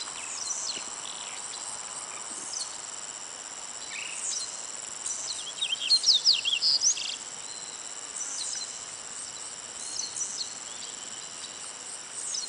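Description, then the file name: Yellow-bellied seedeater giving a brief burst of thin, high, rapid notes midway, while a constant buzzing insect chorus and other faint chirps run throughout. Recorded 24 May 2011. "20110524 SPONIG"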